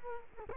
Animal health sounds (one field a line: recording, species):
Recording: mosquito wingbeat signal from an infrared sensor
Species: Culex quinquefasciatus